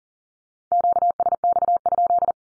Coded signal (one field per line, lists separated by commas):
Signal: Morse code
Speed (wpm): 40 wpm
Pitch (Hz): 700 Hz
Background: none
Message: QSX?